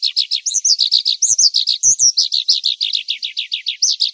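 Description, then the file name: Horsfield's bush lark delivering quick, repeated high chirps mixed with looping whistled notes, a steady twittering stream with faint low thumps. "suara burung branjangan"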